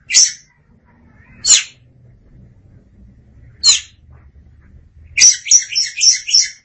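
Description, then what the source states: Oriental magpie-robin song: three single harsh high notes spaced apart, then a run of quick repeated scratchy phrases at the end. Kacer song.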